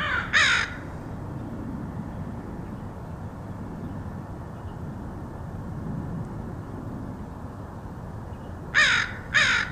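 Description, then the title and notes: Crow calls: one loud, rasping caw at the start, then a long pause with low traffic-like rumble, then two more hoarse caws close together near the end. Crows recorded in Portland, Oregon, in August 2003. "Crows of Portland. Crows recorded by Dan Bodah in Portland, OR, August 2003"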